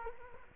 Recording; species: mosquito wingbeat signal from an infrared sensor; Culex quinquefasciatus